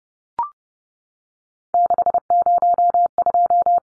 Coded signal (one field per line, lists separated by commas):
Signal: Morse code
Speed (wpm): 30 wpm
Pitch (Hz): 700 Hz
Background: none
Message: 602